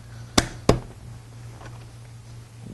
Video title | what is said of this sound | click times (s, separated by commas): 03-06 Ford Expedition Driver Bottom Install | all your snaps back in place go | 0.4 s, 0.7 s